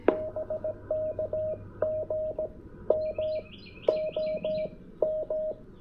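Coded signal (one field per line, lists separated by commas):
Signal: Morse code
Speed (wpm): 17 wpm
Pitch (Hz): 620 Hz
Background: radio noise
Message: BK GM OM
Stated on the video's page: QRP CW POTA park activation with an Index Labs QRP Plus and an EFHW antenna.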